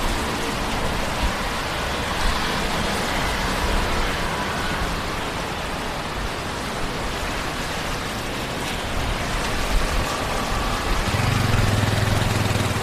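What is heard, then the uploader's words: A rainy downtown walk: steady hiss of rain and wet traffic fills the air evenly, with a low hum rising near the end. Going For A Walk Downtown on A Rainy Night.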